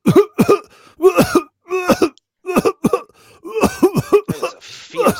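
A run of about ten short, voiced coughs and throat-clearing sounds from an adult man, in quick irregular bursts, as he chokes.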